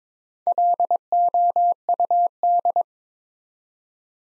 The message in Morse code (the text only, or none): LOUD